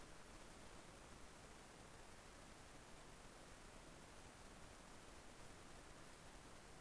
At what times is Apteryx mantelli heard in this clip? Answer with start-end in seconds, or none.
none